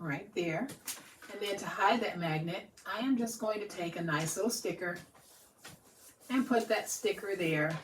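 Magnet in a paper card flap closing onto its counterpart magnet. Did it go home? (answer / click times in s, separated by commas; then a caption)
no / none. Someone talks while handling a paper card flap with a hidden magnet that is meant to close onto its matching magnet, and a small sticker is put over the spot to hide it. Nothing has snapped shut or seated yet by the end of the clip.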